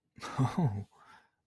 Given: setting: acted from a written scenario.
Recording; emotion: vocal sound without words; positive surprise